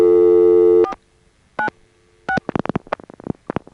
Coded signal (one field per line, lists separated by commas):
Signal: DTMF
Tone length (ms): 90 ms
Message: 496